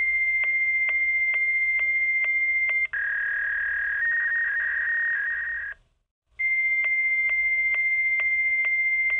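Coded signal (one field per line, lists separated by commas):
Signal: fax machine handshake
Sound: steady high answer tone with clicks about twice a second, then warbling lower tone, pause, tone again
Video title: Fax sound effect - Bestfreesounds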